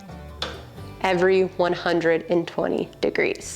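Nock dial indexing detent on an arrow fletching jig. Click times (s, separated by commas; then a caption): 0.4 s. A nock dial on an arrow fletching jig, with the 120-degree set screw tightened and the others loosened, is turned so that it indexes the arrow in 120-degree steps. A short, sharp click at 0.4 s marks the dial snapping into its detent, followed by someone talking over faint background music.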